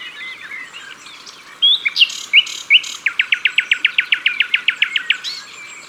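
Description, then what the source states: Common nightingale song: a few whistled upslurred notes, then a long, even series of about fifteen loud repeated notes, with other birds chattering softly behind. Recorded at the water's edge.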